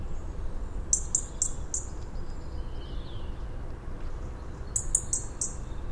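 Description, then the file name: European robin song with two runs of four bright high notes, each run a few seconds apart, faint quieter trills between, and a low rumbling background. "Erithacus rubecula"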